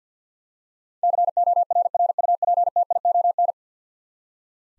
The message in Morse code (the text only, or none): CORRUPTION